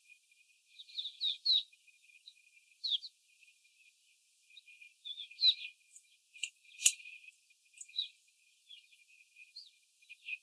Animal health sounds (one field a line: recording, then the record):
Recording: young laying hens in a cage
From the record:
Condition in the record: before the stressor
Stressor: simulated dog barking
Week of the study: 4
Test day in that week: 3